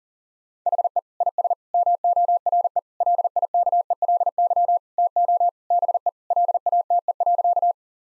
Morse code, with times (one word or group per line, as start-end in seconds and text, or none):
0.7-1.0 HE
1.2-1.5 IS
1.7-2.8 MORE
3.0-4.8 LIKELY
5.0-5.5 TO
5.7-6.1 BE
6.3-7.7 LATE.